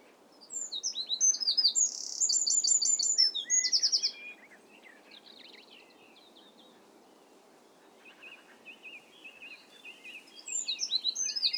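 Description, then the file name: Wren song: a loud, rapid burst of high trills and warbles lasting nearly four seconds, then softer chirps and a second song burst starting near the end, over steady background noise. "Wren singing"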